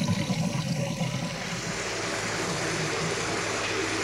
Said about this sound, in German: Es kommt von unten. Jan, komm schnell! Alles ist voll Wasser. Es steigt.